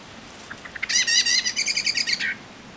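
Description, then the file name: Common blackbird alarm call: a few soft ticks speed up into a loud, rapid, harsh chattering rattle lasting about one and a half seconds, then stop abruptly. "Turdus merula"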